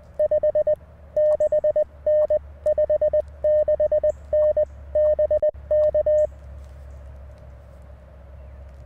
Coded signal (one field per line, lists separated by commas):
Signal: Morse code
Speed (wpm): 20 wpm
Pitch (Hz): 610 Hz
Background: none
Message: 56N 56N BK